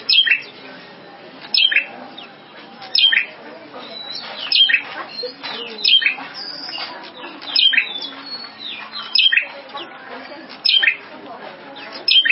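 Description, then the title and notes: Prinia song, rapid sharp chirps and sweeping notes in frequent bursts, busy and energetic throughout with faint hiss behind. Complete song including the trilling style locally called ngerol. "Suara Kicau Burung Prenjak Lengkap dan Ngerol"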